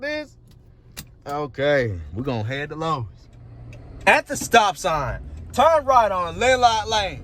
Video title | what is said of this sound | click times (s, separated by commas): Can you JAM or BLOCK Police RADAR with a STUD FINDER - TRUTH OR MYTH #tiktok #Radardetector #Laser | let me put my seatbelt on you're going to hear it click like this | 1.0 s